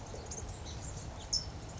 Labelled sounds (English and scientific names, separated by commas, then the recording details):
California Towhee (Melozone crissalis)
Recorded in Sonoma County, California